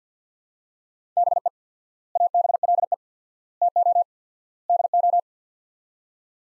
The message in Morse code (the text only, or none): BE ABLE TO DO